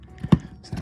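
A second two-piece plastic push clip is pushed into the cowl panel of a 2006 Chevy Equinox and snaps fully home with a sharp click at 0.3 seconds. Fainter handling taps come before and after it.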